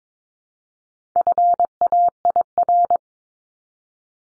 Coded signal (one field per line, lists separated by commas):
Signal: Morse code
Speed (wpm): 22 wpm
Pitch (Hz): 700 Hz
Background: none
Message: FAIR